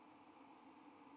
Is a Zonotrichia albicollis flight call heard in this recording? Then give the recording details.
no. No flight call is heard. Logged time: 08:38 on 5 December 2014